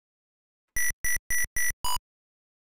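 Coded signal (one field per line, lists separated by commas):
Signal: none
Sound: video game sound effects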